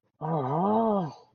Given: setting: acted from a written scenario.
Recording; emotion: vocal sound without words; embarrassment